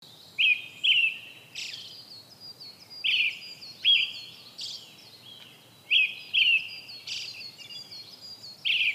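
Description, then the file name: Brown-headed thrush song, a series of brief whistled phrases with fainter high notes between them. "akahara"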